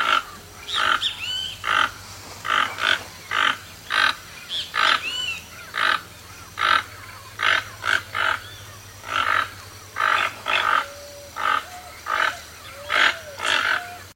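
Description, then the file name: Toco toucan giving harsh, croaking calls, repeated roughly once a second in an uneven series, with thin rising whistles from another bird between them. "canto do tucano toco"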